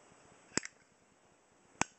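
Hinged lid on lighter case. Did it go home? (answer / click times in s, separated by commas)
released / 0.6 s, 1.8 s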